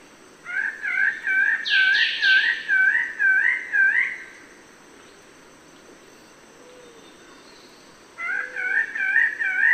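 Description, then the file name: Bird-of-paradise giving loud, rich, undulating notes repeated roughly twice a second, with a short buzzy flourish early on, a quiet gap, then the series resumes. "Canto-do-Pássaro-do-Paraíso"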